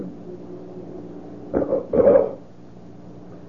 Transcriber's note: he clears his throat